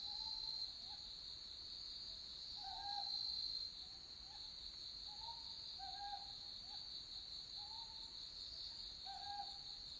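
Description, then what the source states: Owl calls, several brief hooting notes beneath a steady shrill insect chorus. Owls recorded on Iriomote, Japan.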